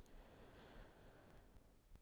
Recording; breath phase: one breath near a microphone; inhalation